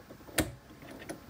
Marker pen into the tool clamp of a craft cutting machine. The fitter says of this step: kind of thing so we're gonna put our pen in and we're gonna push down until we hear it click alright